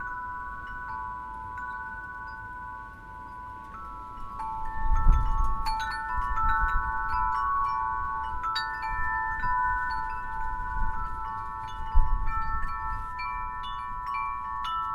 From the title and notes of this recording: Wind chimes and bells, Provincetown, Massachusetts on the Winter Solstice after the light fades. By Eleanor McDowall.